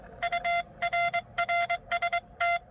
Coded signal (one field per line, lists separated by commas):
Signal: Morse code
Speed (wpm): 23 wpm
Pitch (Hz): 690 Hz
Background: none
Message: UR RST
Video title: POTA K-1001 10/12/2022 QRP CW using a Xiegu X6100 with a home-brew cootie sideswiper.